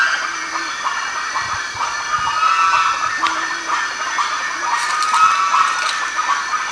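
Bird calls, a busy flock of chattering notes with a few clear whistled slides, brief low tones, and hiss.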